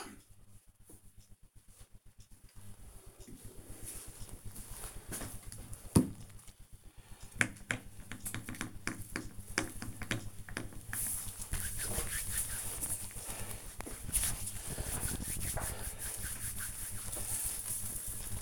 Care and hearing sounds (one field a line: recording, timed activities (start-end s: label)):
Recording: household activities, microphone on the right wrist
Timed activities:
4.91-18.42 s: disinfecting hands